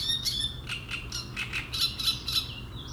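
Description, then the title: Great reed warbler singing a fast series of grating, creaky syllables, harsh and rhythmic. Reed bed at Chatillon beach, Chindrieux, France; harsh, strident song; a migrant that comes from Africa and can sing day and night. "Roselière plage Chatillon, Chindrieux, France - Rousserole turdoïde"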